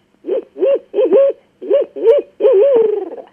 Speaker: And if you haven't heard barred owls, they sound like this.